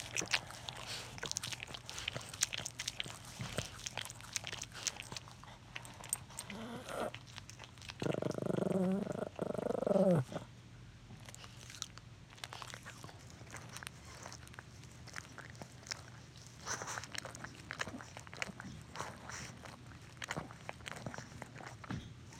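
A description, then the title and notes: Dogs lick and groom each other, wet smacking and soft clicks throughout, with a louder, low rumbling stretch around eight to ten seconds. Dogs showing each other affection by cleaning each other.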